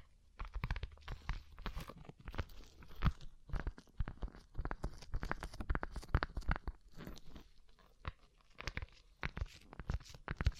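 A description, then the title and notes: Rhinestone-covered tapping: dense, irregular crisp clicks and crunchy taps, quick bursts with brief pauses near the fifth and eighth seconds. ASMR Rhinestone Covered Tapping 3Dio (No Talking).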